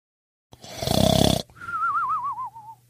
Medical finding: Snore.